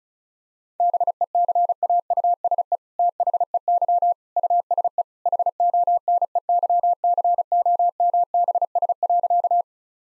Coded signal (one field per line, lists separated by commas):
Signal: Morse code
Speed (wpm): 34 wpm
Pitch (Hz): 700 Hz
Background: none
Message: BECAUSE THEY USE HONEYCOMBS.